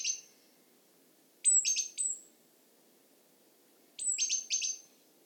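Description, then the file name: Great tit scolding call: a thin high note followed by buzzy chattering notes, given in three bursts with quiet gaps between. "Parus major"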